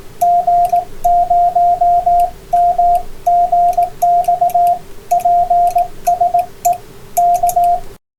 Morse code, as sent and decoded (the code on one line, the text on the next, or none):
--. ----- -- --. -..- / .--. ... . / -.-
G0MGX PSE K